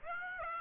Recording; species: mosquito wingbeat signal from an infrared sensor; Aedes aegypti